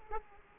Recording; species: mosquito wingbeat signal from an infrared sensor; Aedes aegypti